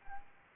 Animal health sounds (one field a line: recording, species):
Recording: mosquito wingbeat signal from an infrared sensor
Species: Anopheles arabiensis